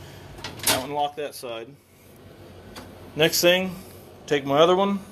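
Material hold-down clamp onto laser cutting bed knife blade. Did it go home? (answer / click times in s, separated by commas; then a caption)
yes / 0.7 s. A Boss Laser material hold-down clamp is hooked from behind onto a knife blade of the laser cutting bed, then slid and rotated until it snaps into place with a sharp click at 0.7 s. Someone talks throughout, and the clamp is seated on the blade.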